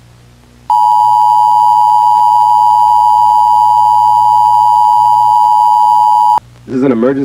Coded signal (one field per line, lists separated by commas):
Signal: Emergency Alert System (SAME) tones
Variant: 853 and 960 Hz attention tone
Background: speech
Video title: Nuclear Terror Crisis | A YP EAS Scenario